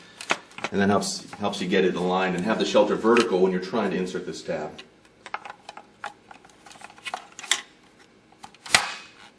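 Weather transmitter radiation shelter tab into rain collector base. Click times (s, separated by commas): 7.5 s, 8.8 s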